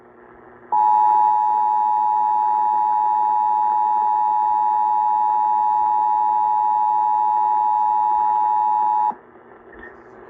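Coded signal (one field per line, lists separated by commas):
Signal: Emergency Alert System (SAME) tones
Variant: 853 and 960 Hz attention tone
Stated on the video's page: Real severe thunderstorm and tornado warnings around Dallas-Fort Worth, received from NOAA Weather Radio on 162.550 and 162.400 MHz plus AM and FM broadcast stations.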